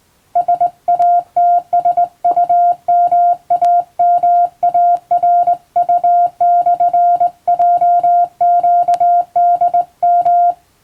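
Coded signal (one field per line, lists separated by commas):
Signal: Morse code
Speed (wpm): 20 wpm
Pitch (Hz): 700 Hz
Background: music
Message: SATSUMAMARU/JQDM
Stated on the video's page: Morse code practice for the Japanese radio operator licence at 16 wpm.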